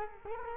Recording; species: mosquito wingbeat signal from an infrared sensor; Culex quinquefasciatus